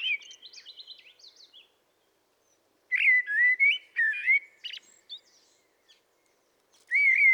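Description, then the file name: Common blackbird song: soft high twitter, pause, then a loud phrase of rich fluted notes and squeaky flourishes, a new phrase beginning at the close. "Turdus merula"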